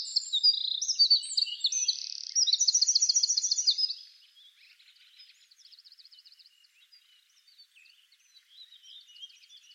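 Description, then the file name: Eurasian wren delivering a loud, ringing trilled song for about four seconds, followed by fainter, similar quick trills. "Troglodytes troglodytes"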